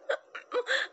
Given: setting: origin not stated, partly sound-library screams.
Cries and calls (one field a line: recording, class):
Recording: one-second piece from a danger detection set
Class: woman in danger